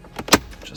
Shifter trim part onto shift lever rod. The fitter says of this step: this just snaps back into place